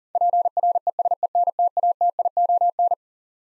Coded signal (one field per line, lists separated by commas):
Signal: Morse code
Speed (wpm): 40 wpm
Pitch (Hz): 700 Hz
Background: none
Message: PRESENTATION